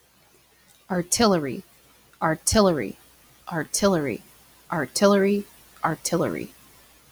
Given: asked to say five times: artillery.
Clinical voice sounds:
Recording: repeated word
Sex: female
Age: 30 to 39 years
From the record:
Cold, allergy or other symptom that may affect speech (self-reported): no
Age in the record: 30 years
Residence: Wisconsin, United States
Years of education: 16

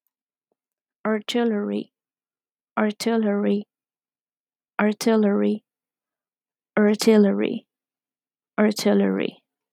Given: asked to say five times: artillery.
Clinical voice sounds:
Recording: repeated word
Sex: female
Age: 30 to 39 years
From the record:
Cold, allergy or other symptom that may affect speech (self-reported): no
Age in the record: 34 years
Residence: West Virginia, United States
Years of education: 18

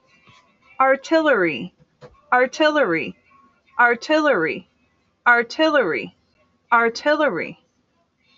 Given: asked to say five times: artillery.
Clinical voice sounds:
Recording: repeated word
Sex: female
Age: 30 to 39 years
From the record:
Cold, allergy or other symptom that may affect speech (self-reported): no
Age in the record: 37 years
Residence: New York, United States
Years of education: 13

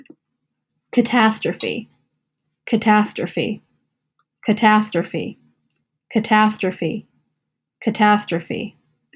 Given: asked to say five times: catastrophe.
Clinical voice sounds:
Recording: repeated word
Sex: female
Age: 20 to 29 years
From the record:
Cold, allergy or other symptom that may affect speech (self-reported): no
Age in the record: 21 years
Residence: Connecticut, United States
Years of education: 15

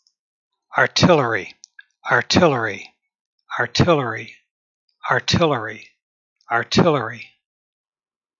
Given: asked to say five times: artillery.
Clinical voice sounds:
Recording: repeated word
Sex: male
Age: 70 to 79 years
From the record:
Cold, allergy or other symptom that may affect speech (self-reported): no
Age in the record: 70 years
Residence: Michigan, United States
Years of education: 16

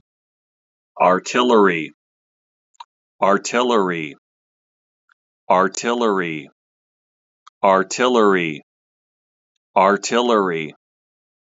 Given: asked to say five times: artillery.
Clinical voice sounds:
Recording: repeated word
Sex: male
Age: 50 to 59 years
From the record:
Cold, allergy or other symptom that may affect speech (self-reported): no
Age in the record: 51 years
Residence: Washington, United States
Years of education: 14

